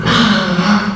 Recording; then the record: squeal of a Yucatan mini pig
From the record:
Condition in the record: after surgery on the right vocal fold (resection and tissue-engineered implant); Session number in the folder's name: 16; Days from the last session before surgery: 183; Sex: female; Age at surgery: 19 weeks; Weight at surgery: 25 kg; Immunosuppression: prednisolone